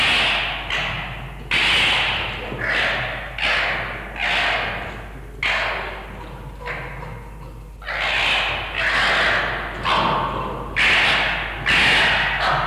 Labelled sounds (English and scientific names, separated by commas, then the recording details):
Red Fox (Vulpes vulpes)
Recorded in captivity
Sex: diverse
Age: adult
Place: Zoologisches Institut der HUB, Berlin, DE
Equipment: Elmetra
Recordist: Tembrock, Günter
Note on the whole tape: Tonband Kopie 2: Erwachsene Füchse: Rotfuchs-Lautgebung-Lautinventar (Beschreibung siehe Beipackzettel)